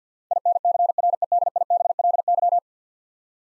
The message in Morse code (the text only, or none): INCREDIBLY